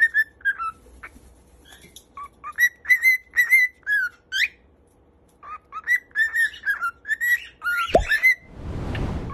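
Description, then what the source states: Cockatiel whistling quick, bouncy phrases of short notes with a few pauses, ending in a loud rustling, scraping noise. Several cockatiels singing and whistling.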